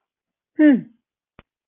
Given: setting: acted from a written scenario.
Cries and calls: vocal sound without words; contempt

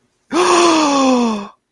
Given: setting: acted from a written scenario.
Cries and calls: vocal sound without words; negative surprise

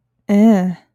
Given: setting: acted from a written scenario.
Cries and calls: vocal sound without words; disgust

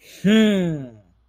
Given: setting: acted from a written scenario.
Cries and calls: vocal sound without words; triumph

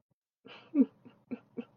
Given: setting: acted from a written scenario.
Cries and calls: vocal sound without words; sadness

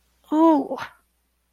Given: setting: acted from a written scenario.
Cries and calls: vocal sound without words; pain

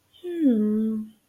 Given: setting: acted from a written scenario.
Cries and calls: vocal sound without words; interest

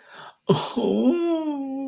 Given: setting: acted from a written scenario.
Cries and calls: vocal sound without words; sympathy

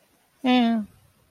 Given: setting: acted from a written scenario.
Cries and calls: vocal sound without words; neutral

